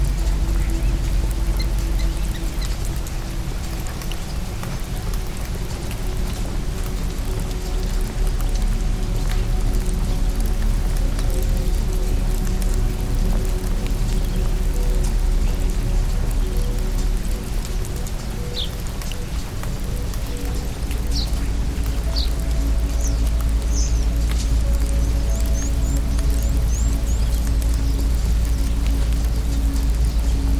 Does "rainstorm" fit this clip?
yes